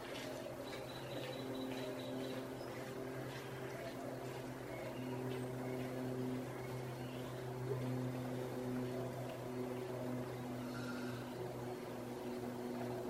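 Early morning from a balcony over the Placencia Sidewalk in Belize, dominated by a steady low engine-like drone, with faint chirps early and near eleven seconds.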